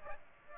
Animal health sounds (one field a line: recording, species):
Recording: mosquito wingbeat signal from an infrared sensor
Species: Aedes aegypti